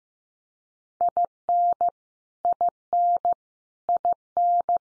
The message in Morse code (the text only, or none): IN IN IN